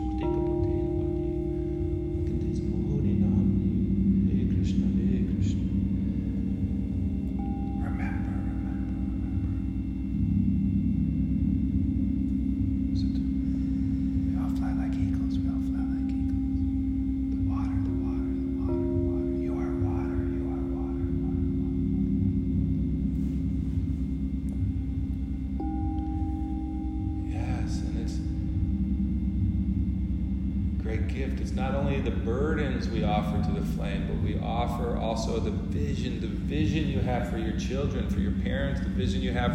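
Singing bowls and harmonium hold a thick, steady drone of low sustained tones throughout, with long overlapping notes shifting slowly. Brighter ringing strikes and chanting voices break in around 3, 8, 18 and 27 seconds, growing busier and denser after 30 seconds.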